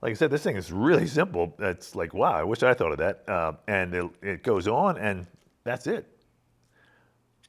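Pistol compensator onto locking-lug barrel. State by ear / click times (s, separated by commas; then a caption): not seated / none. Someone talks while a pistol compensator is slid onto a barrel's locking lugs to be twisted and locked, with a couple of faint, brief ticks near the end. Nothing has seated or clicked yet.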